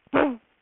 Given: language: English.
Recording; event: throat vibration sensor signal played as sound; throat clearing